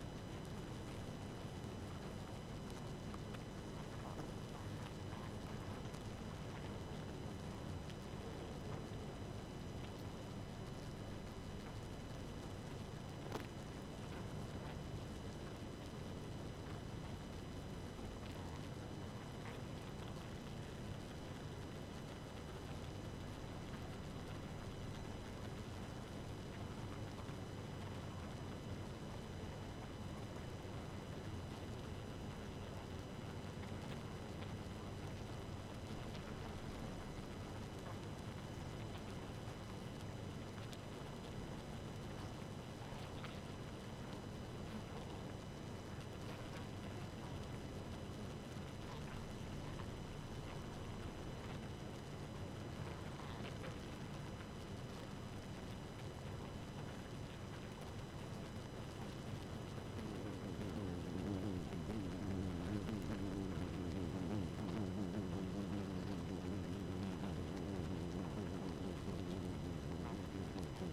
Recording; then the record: honeybee colony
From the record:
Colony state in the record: active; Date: 12 June 2018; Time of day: 1:08